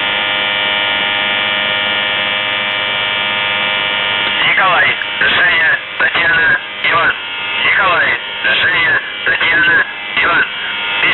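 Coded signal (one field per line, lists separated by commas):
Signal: channel marker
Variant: UVB-76 (The Buzzer)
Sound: steady harsh low buzz for about four seconds, then a voice speaking over the buzz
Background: radio static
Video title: The Buzzer/UVB-76(4625Khz) May 4th, 2023 Voice messages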